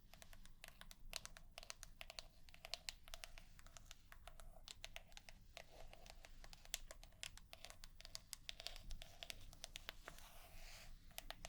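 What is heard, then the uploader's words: Tapping runs throughout in quick, uneven bursts of sharp clicks, like fingers drumming or typing on a hard surface. The taps come several times a second with brief pauses, over a steady low rumble, and a soft hiss rises near the end. 100% Tapping.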